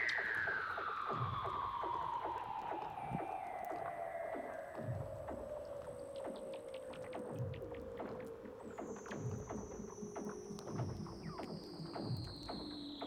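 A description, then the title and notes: Weddell seals calling underwater: one long, slow descending whistle glides steadily downward across the whole clip, with fainter high tones sliding down above it. Beneath it runs a dense patter of clicks and knocks, with low thumps recurring every second or two. Douglas Quin - Weddell Seals (Underwater).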